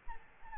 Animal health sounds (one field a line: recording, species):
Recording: mosquito wingbeat signal from an infrared sensor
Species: Aedes albopictus